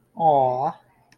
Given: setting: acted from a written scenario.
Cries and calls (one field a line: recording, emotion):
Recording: vocal sound without words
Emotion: adoration